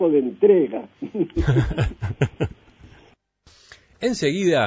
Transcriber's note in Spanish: Se ríe